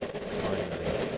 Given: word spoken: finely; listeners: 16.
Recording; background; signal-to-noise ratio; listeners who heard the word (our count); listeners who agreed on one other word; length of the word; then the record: one English word in noise, from a listening test; noise modulated by three-talker babble; -6.5 dB; 0 of 16; 10 of 16; 0.78 s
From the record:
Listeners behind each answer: 10, 3, 1, 1, 1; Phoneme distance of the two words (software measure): 7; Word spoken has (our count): 2 syllables, 5 phonemes, stress on syllable 1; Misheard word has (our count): 3 syllables, 6 phonemes, stress on syllable 1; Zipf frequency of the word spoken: 3.75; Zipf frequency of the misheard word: 5.14